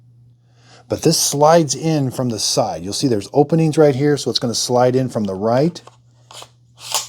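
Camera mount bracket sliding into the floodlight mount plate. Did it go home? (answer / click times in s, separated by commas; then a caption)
yes / 7.0 s. Someone talks while a camera mount bracket slides in from the right side through the openings on a Blink floodlight mount plate. A brief sound comes at 6.3 s, then a sharper click at 7.0 s as the bracket latches and locks into place.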